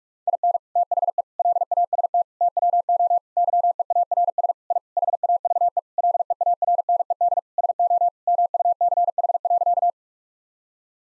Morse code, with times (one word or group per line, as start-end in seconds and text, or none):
0.3-0.6 IN
0.8-1.2 THE
1.4-2.2 LAST
2.4-3.2 TWO
3.4-4.5 YEARS
4.7-4.8 I
5.0-5.8 HAVE
6.0-7.4 LEARNED
7.6-8.1 SO
8.3-9.9 MUCH.